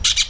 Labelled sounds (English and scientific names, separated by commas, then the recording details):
Brown-throated Parakeet (Eupsittula pertinax) contact call
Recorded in Venezuela
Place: PN Cerro Saroche, Tierras del Sr. Polo, Edo. Lara
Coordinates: 10.171, -69.518